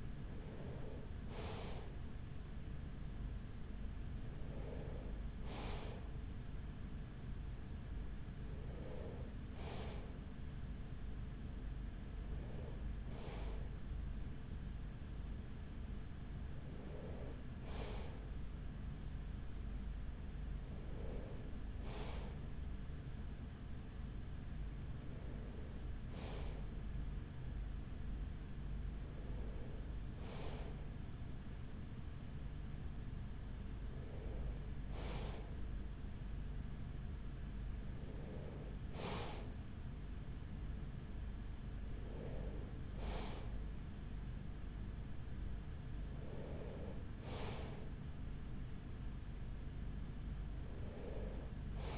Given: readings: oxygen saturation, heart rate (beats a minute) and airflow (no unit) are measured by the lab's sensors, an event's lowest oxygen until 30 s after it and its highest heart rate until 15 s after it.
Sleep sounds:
breathing in sleep by a smartphone at the bedside; none
36.00-51.98 s: new sleep stage, N3 (deep sleep)
From the record:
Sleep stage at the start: N2 (light sleep); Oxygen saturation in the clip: 94%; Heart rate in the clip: 42 to 45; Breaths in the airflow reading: 12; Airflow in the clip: -6.7 to 6.0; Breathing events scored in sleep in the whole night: 207 in 7.6 hours asleep

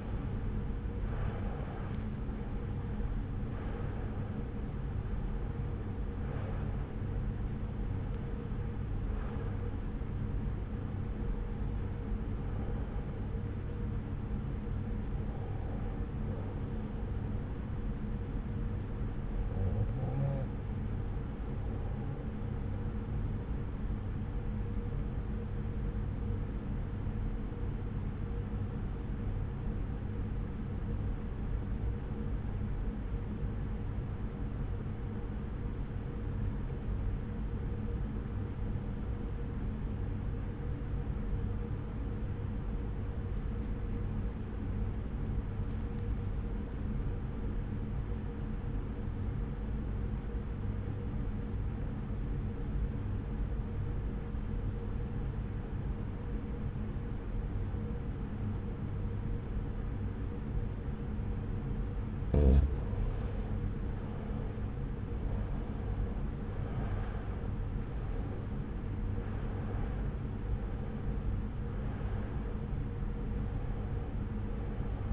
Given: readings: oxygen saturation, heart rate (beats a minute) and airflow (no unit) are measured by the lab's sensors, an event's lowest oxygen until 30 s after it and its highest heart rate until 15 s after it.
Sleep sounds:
breathing in sleep by a smartphone at the bedside; 1
29.00-64.20 s: obstructive apnea (REM, oxygen 97% highest, then 86% lowest)
From the record:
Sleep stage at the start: REM sleep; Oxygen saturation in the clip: 81 to 97%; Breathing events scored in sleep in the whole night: 303 in 8.1 hours asleep

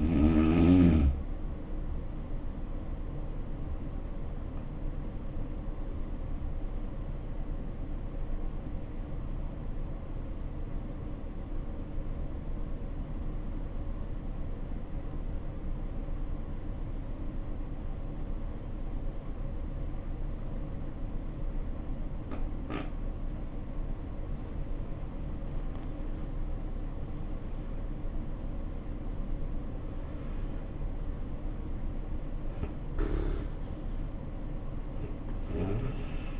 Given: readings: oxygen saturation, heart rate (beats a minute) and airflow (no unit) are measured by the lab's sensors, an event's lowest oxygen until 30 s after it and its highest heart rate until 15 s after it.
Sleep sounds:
breathing in sleep by a smartphone at the bedside; 1
9.00-25.70 s: obstructive apnea (N1, oxygen 95% highest, then 74% lowest, heart rate 65 at the start, 81 highest)
From the record:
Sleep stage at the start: N1 (lightest sleep); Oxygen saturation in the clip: 73 to 95%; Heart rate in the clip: 57 to 81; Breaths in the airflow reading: 4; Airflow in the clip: -8.9 to 9.2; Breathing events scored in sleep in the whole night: 520 in 7.2 hours asleep

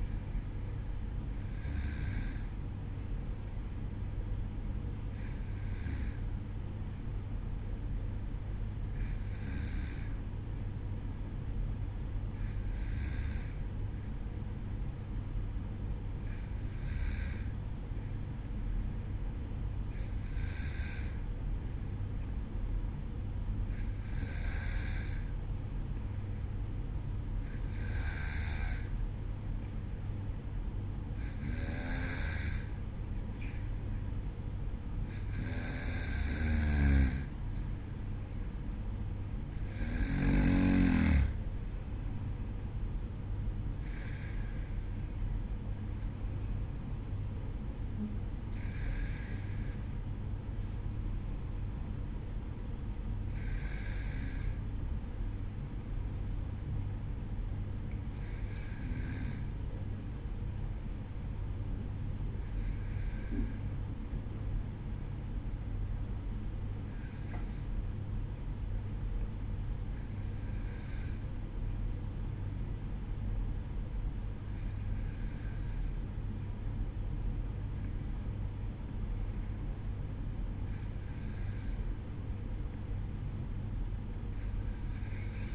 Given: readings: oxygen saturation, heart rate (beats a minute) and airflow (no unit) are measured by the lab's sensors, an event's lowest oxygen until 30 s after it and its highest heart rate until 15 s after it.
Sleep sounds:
breathing in sleep by a smartphone at the bedside; none
none scored
From the record:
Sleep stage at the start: N2 (light sleep); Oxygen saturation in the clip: 93 to 95%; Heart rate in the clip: 51 to 55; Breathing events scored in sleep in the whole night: 305 in 9.6 hours asleep

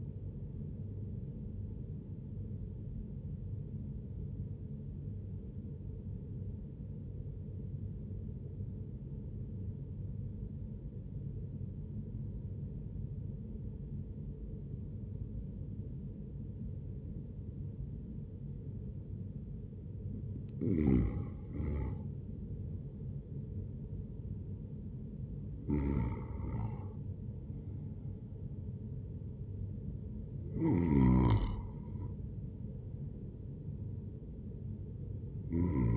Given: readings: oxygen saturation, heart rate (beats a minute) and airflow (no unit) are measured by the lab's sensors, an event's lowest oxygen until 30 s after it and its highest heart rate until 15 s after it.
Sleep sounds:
breathing in sleep by a smartphone at the bedside; 1
3.00-22.10 s: hypopnea (N1, oxygen 97% highest, then 93% lowest, heart rate 76 at the start, 76 highest)
From the record:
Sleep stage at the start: N1 (lightest sleep); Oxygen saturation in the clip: 80 to 97%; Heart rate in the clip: 72 to 81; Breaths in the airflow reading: 4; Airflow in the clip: -6.0 to 6.6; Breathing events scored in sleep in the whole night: 131 in 7.2 hours asleep

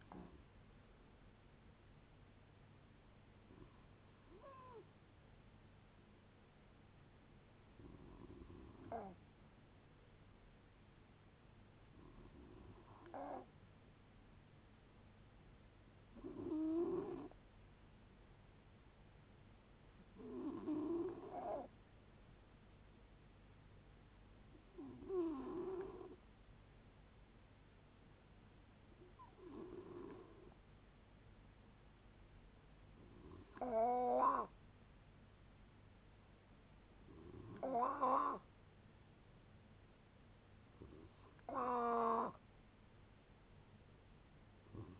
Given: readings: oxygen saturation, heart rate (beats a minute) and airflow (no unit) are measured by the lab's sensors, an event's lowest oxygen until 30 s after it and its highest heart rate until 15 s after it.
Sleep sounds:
a person awake in a sleep study, by a voice recorder at the bedside; none
0.00-45.00 s: awake
0.00-45.00 s: awake
From the record:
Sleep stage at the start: awake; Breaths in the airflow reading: 14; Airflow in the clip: -0.7 to 0.6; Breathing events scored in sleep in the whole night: 496 in 5.4 hours asleep

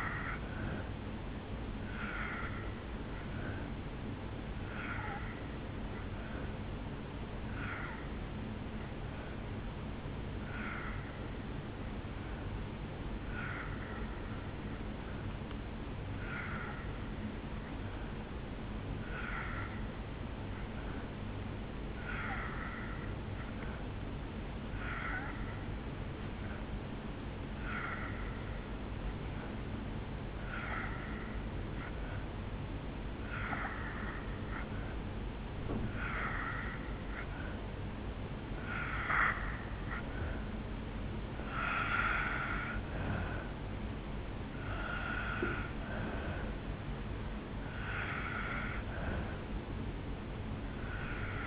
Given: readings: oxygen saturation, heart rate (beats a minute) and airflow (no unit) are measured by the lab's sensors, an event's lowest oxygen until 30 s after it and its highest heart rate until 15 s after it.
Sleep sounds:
breathing in sleep by a voice recorder at the bedside; 1
7.00-35.50 s: hypopnea (N2, oxygen 87% highest, then 82% lowest, heart rate 66 at the start, 71 highest)
14.00-51.47 s: new sleep stage, N3 (deep sleep)
From the record:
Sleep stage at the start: N2 (light sleep); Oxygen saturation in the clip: 81 to 87%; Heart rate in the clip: 65 to 71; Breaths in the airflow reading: 12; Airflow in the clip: -6.9 to 3.6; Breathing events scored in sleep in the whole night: 449 in 7.0 hours asleep

